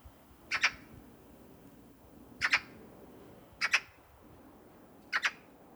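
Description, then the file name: Eurasian magpie repeating loud, two-part harsh chack calls four times, roughly every one to two seconds. "Pica pica"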